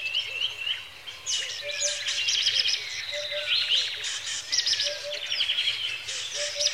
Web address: A Természet hangjai - Madárdal A Természet hangjai - Afrika, Kenya - Tópart madárcsicsergéssel kora reggel